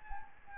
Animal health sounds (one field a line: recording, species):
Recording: mosquito wingbeat signal from an infrared sensor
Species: Anopheles gambiae